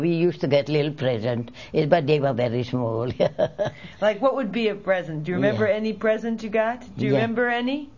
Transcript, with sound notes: We used to get little presents, but they were very small. ( she laughs )
Like, what would be a present? Do you remember any presents you got? Do you remember any?